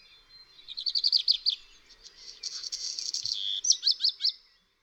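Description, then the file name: Black redstart delivering one long song: a stuttering run of high notes, a fizzy, scratchy middle section, then a closing burst of sharp repeated notes. "Kopciuszek"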